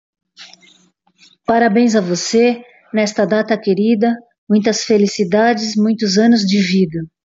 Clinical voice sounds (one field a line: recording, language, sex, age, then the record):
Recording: short text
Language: Brazilian Portuguese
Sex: female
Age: 50 to 59 years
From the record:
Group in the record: control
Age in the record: 54 years